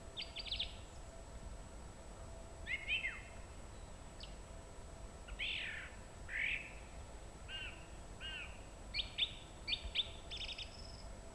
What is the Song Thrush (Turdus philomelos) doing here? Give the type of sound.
song